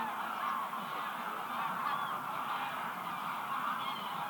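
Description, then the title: Goose: a dense flock of geese honking continuously, many overlapping calls forming a steady clamour. "gansos"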